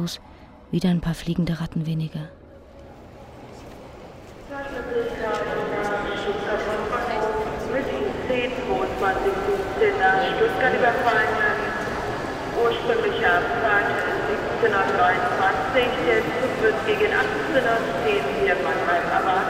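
Busy main railway station ambience with trains: a few sharp clattering knocks at the start, then a steady wash of overlapping crowd chatter and mechanical rumble that carries on at an even level throughout.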